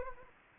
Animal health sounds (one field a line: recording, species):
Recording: mosquito wingbeat signal from an infrared sensor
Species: Anopheles arabiensis